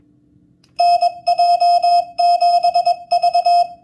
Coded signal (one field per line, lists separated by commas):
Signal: Morse code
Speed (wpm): 21 wpm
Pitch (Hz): 700 Hz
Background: none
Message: NJ7V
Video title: Morse Code with a Keyer or an Oscillator? MX-2K Keyer #shorts